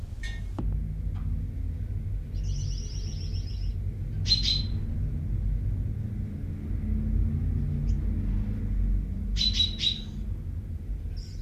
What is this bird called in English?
Common Chaffinch